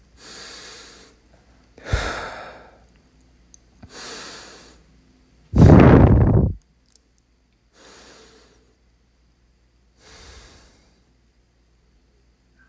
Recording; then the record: deep breathing after running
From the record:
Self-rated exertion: moderate exertion (3 of 6); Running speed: 5 miles an hour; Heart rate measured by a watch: 109 beats a minute at the start, 106 at the end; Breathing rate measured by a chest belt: 13 breaths a minute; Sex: male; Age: 31 years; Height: 178 cm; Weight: 72 kg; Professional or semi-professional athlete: no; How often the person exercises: 3 to 5 times a week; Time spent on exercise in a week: 2 to 3 hours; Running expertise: yes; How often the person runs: 3 to 5 times a week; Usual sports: running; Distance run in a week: 5 km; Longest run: 10 km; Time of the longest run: 65 minutes